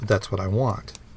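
A 3D printed plastic replacement flag for a Rubbermaid mailbox, printed on a Davinci printer, is being handled at the pivot on the side mount of the plastic mailbox while someone talks. It is being pushed on with a little force, but nothing has seated or clicked yet.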